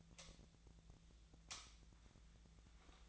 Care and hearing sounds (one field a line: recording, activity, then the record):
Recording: daily activity, microphone in the room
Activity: light on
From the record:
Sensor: 3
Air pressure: 1009.7 hPa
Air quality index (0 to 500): 191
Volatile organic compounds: 15 ppm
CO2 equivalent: 2483 ppm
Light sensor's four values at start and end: 38/95/41/44 and 45/118/50/51